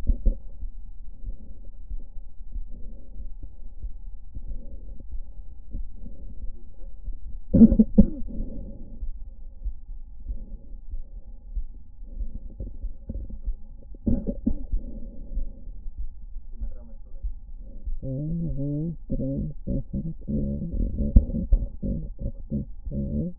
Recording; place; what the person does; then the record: lung sounds by stethoscope; left anterior apical chest; quiet breathing, then cough and speech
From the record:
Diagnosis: interstitial lung disease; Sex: female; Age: 68 years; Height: 152 cm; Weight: 76 kg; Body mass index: 32.9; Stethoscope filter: diaphragm mode